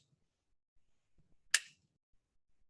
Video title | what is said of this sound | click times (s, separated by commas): The Amateur Investors - Building your own Bitcoin Node | don't worry you won't break it but it just snaps right into place it's fit there okay | 1.6 s